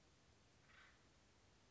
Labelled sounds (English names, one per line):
Acorn Woodpecker